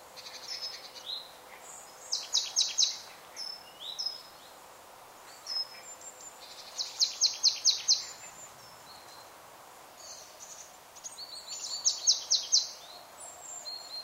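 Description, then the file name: Marsh tit calls: clusters of quick, high, sharp notes come in three bursts a few seconds apart, with fainter high chips between them over a soft background hiss. "Poecile palustris"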